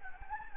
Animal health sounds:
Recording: mosquito wingbeat signal from an infrared sensor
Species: Anopheles gambiae

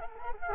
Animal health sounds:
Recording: mosquito wingbeat signal from an infrared sensor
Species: Culex quinquefasciatus

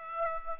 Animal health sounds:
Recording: mosquito wingbeat signal from an infrared sensor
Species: Aedes aegypti

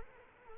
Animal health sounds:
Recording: mosquito wingbeat signal from an infrared sensor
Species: Culex quinquefasciatus

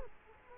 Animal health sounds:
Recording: mosquito wingbeat signal from an infrared sensor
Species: Culex quinquefasciatus

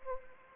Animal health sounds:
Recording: mosquito wingbeat signal from an infrared sensor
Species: Anopheles arabiensis

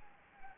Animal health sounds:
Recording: mosquito wingbeat signal from an infrared sensor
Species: Anopheles gambiae

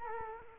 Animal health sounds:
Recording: mosquito wingbeat signal from an infrared sensor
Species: Culex quinquefasciatus

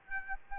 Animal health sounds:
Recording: mosquito wingbeat signal from an infrared sensor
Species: Aedes aegypti

